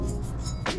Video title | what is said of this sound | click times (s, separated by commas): Mitsubishi Pajero Junior / Mini Fuel Filter Replacement | the opening you're gonna align these tabs with this opening and just click in place | 0.7 s